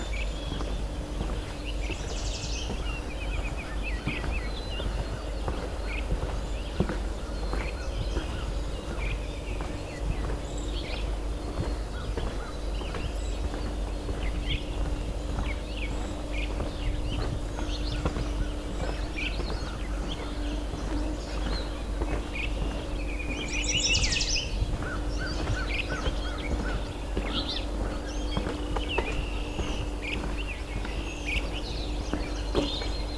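Outdoor sound at Valens Lake in June: a steady low rumble and a constant mid hum run underneath throughout. Scattered bird calls and chirps come and go, with a bright, busier burst of calls around 24 seconds.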